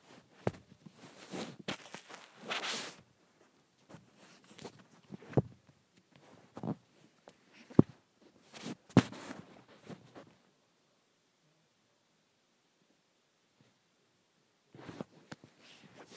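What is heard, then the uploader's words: Swishing around the microphone comes in irregular bursts of soft, airy whooshes and rustles through the first ten seconds, with a few sharp knocks near 5, 8 and 9 seconds. A long near-silent gap follows before a short final swish around 15 seconds. ASMR Swishing around the Microphone.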